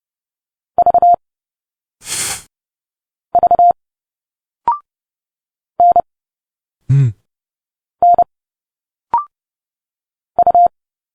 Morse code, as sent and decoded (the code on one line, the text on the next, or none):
...- / ...- / -. / -. / ..-
V V N N U